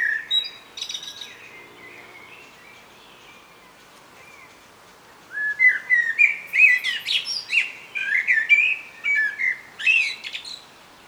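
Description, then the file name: Common blackbird: a faint warbled phrase at first, then louder fluted whistles mixed with high squeaky twitters for several seconds. "Turdus merula"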